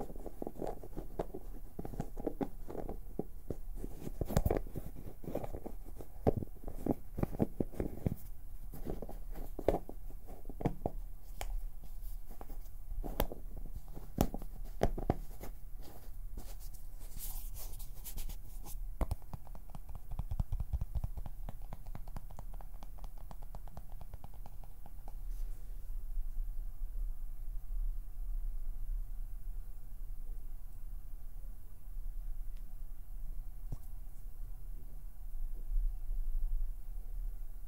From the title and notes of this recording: PLUCKING, PINCHING, FINGER FLUTTERING, PERSONAL ATTENTION - NO TALKING.